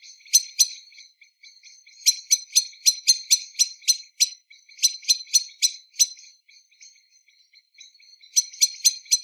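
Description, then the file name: Common blackbird calls: hard, clipped chink notes in rapid bursts, including one long run of about ten, with quiet pauses and faint soft notes between. "Turdus merula"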